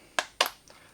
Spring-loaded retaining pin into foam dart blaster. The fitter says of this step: that locks it all together